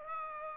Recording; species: mosquito wingbeat signal from an infrared sensor; Aedes aegypti